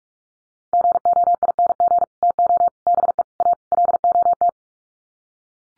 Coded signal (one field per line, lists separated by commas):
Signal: Morse code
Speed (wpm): 44 wpm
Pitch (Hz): 700 Hz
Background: none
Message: GOING TO BE A LOT